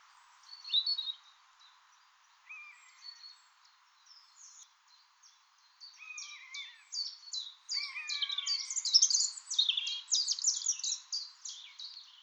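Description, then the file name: European robin song, scattered high twittering notes and thin descending whistles at first, then a fuller burst of rapid warbled phrases. "Erithacus rubecula"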